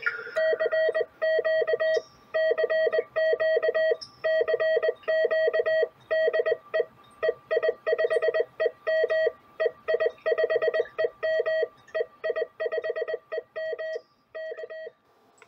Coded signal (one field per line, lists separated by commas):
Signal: Morse code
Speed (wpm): 20 wpm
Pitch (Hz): 640 Hz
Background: none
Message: CQ CQ CQ DE EI5EM EI5EM EI5EM K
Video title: A Complete Homebrew QRP, CW HF Station